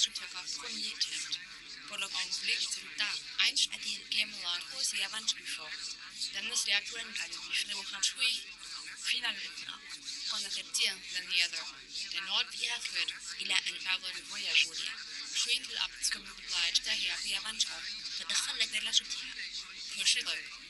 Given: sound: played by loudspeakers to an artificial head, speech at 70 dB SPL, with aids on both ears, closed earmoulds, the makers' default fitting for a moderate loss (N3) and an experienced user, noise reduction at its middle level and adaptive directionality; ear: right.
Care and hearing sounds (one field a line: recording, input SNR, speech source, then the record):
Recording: speech test signal (ISTS) in cocktail-party noise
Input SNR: 0 dB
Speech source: on the right (90 degrees)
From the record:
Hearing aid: class 2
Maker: H